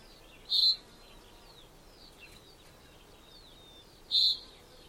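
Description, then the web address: Common chaffinch giving two sharp call notes nearly four seconds apart, with faint thin whistles from other birds between them. "Deverinetal 2025 File origin Bird Only Fr Co"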